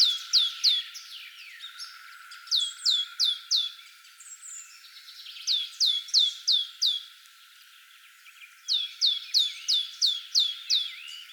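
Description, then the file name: Great tit calls: sharp, down-slurred high notes in quick bursts of several, the bursts returning every few seconds. "Parus major"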